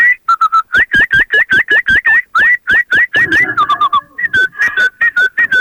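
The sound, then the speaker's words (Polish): Blackbirds singing outdoors in Siemianowice: a rapid, continuous run of clear fluty whistled notes, many swooping up and down in pitch, with busier overlapping chirps toward the end and no talking. “a teraz wyszedłem i śpiewają u nas kosy.”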